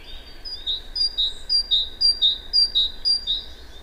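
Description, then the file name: Great tit song: bright two-note phrases, a high note dropping to a lower one, repeated steadily about twice a second over a faint low rumble. "Parus major"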